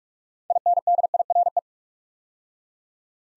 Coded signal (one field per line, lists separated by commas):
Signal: Morse code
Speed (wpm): 44 wpm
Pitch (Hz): 700 Hz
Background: none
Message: INDIRE